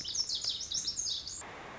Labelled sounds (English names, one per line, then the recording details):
Lazuli Bunting
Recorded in Sonoma County, California